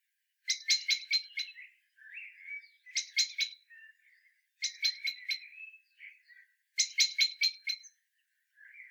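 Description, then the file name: Common blackbird calling in four short bursts of clipped chacking notes, each run of about five notes followed by softer, muffled chuckles. "Turdus merula"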